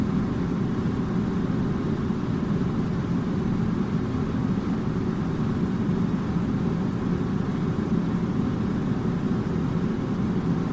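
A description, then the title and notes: An air conditioner runs with a steady, dense low hum and whoosh, unchanging throughout, with a faint hiss above. Air Conditioner Sounds.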